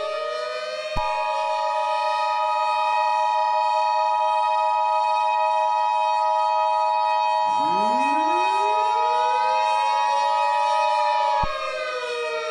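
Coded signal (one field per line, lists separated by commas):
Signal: Emergency Alert System (SAME) tones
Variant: 853 and 960 Hz attention tone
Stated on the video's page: Fictional EAS scenario.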